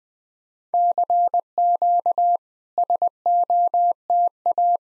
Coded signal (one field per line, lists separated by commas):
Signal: Morse code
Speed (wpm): 20 wpm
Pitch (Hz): 700 Hz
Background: none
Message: CQ SOTA